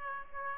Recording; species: mosquito wingbeat signal from an infrared sensor; Aedes aegypti